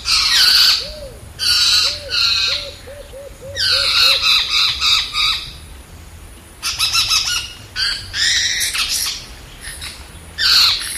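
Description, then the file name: Lorikeet giving harsh screeches in loud bursts, with a series of softer low notes early on and a scattered chattering finish. "Лори -Лорикет -Попугай -Голоса-птиц"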